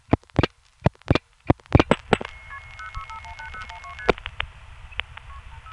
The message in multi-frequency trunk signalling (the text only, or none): KP06518012ST